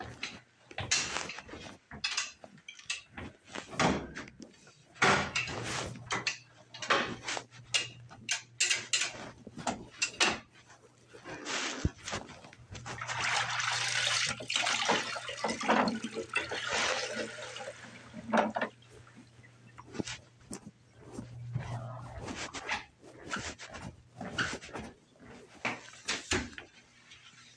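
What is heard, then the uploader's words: Elevator sounds mix with footsteps, knocks and clattering thumps throughout. A steady low hum runs from about five to twenty-two seconds, and around thirteen to eighteen seconds comes a dense, crinkly rustle like trash bags being handled. Sharp bangs, like doors, recur often. As well as elevator sounds, walking, trash bags and doors.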